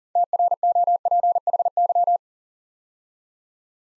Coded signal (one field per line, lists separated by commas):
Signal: Morse code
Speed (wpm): 42 wpm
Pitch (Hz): 700 Hz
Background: none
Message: TROPHY